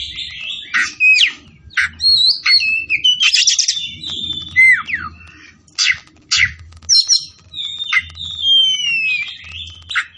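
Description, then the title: Oriental magpie-robin singing a vigorous varied song of whistles, slurred notes and harsh buzzy bursts, delivered in phrases with brief pauses, plus low background hum. Variety from Tretes; singing vigorously, described as gacor. "Kacer Tretes Gacor"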